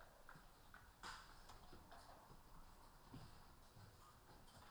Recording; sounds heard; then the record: poultry house recording; healthy chickens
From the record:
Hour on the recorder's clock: 15